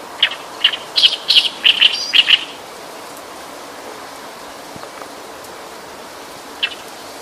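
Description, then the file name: Oriental reed warbler song, a burst of harsh, loud repeated chattering notes for about two seconds, then near silence with a faint background hiss and one late note. "yosikiri"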